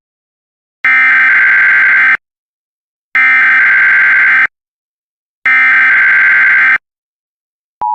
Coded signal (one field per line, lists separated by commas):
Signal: Emergency Alert System (SAME) tones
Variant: header bursts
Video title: EAS test (verse 2)